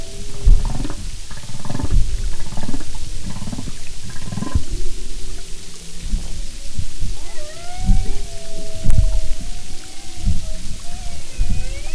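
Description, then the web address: Humpback whale sounds: a series of buzzy pulsed bursts, then long wavering whistled tones, over low rumbling water noise. "Marine Mammals humpback"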